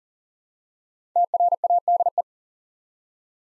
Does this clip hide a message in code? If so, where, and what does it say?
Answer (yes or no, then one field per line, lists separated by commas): yes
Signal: Morse code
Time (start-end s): 1.2-2.2 s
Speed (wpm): 40 wpm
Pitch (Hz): 700 Hz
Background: none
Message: TRADE